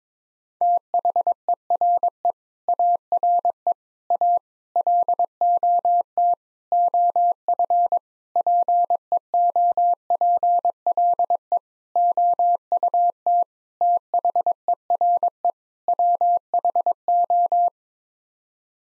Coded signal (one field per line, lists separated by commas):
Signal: Morse code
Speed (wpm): 22 wpm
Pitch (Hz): 700 Hz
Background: none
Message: THERE ARE A LOT OF PEOPLE OUT THERE WHO